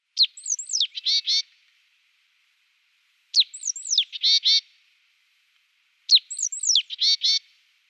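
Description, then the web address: Great tit calls: high whistled notes sliding down into a burst of harsh, buzzy scolding notes, repeated three times about every three seconds. "Schulze Peter Great Tit calls"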